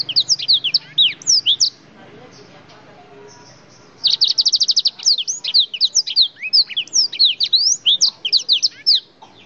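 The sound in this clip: Oriental magpie-robin song, a rapid run of loud sweeping whistled notes, a pause, then a continuous stream of varied slurred whistles.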